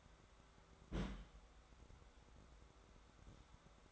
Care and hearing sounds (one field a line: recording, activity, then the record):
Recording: daily activity, microphone in the room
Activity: place on stove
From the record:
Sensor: 3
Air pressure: 1010.2 hPa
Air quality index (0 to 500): 166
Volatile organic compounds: 9 ppm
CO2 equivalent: 2168 ppm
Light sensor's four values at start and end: 51/125/55/61 and 51/125/55/61